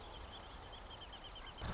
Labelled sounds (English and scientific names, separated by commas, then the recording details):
Marsh Wren (Cistothorus palustris)
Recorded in Sonoma County, California